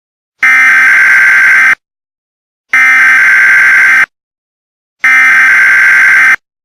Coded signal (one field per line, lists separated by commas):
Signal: Emergency Alert System (SAME) tones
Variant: header bursts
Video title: EAS Scenario: San Diego Madness